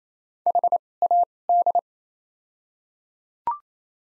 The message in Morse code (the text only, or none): H A D